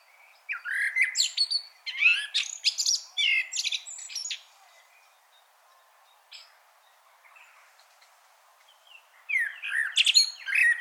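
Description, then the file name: Common blackbird singing in bursts of rich warbled notes mixed with high squeaky twitters, pausing for several seconds before another strophe starts near the end. "Turdus merula"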